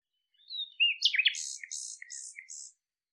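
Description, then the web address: Bird chirps: thin sliding whistles lead into a cluster of sharp notes, followed by a short series of buzzy high notes. "cianscape birddata Deverinetal 2025 Bird Lu Me Lu Me"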